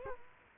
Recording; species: mosquito wingbeat signal from an infrared sensor; Culex quinquefasciatus